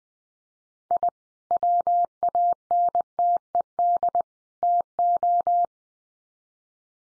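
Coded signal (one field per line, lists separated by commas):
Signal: Morse code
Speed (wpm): 20 wpm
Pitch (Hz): 700 Hz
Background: none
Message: I WANTED TO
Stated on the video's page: Head-copy drill of common three-word groups at 20 wpm, each sent in Morse, spoken, then sent again.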